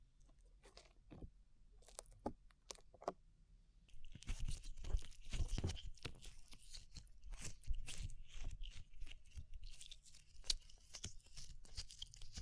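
Slime being worked for ASMR, starting with sparse, separate clicks and pops for the first few seconds. Around four seconds it turns into a dense, continuous run of crunchy, crackling squelches with sharp bright snaps, holding that busy texture to the end.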